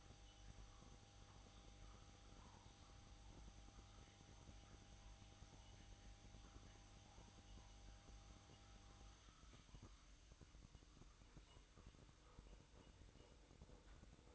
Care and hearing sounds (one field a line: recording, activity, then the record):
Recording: daily activity, microphone in the room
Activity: make coffee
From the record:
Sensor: 3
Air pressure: 1007.3 hPa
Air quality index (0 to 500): 59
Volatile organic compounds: 1 ppm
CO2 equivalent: 608 ppm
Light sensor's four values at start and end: 8/18/7/7 and 7/17/7/7